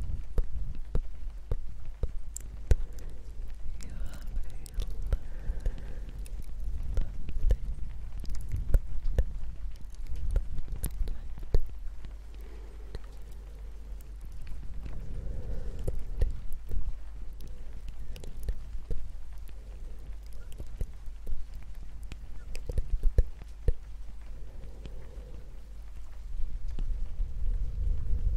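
Soft, irregular tapping in the rain, scattered clicks over a steady low rumble, with low breathy whispers surfacing around the middle and end.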